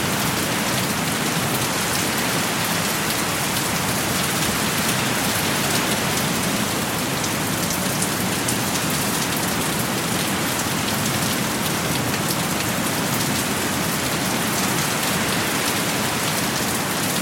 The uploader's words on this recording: Heavy rain and thunder sounds for sleeping and stress relief.